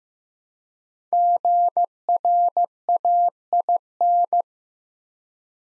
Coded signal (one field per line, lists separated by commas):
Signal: Morse code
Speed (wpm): 15 wpm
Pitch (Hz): 700 Hz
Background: none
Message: GRAIN